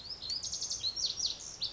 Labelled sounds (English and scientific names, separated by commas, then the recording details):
Lazuli Bunting (Passerina amoena)
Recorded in Sonoma County, California